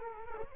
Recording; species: mosquito wingbeat signal from an infrared sensor; Culex quinquefasciatus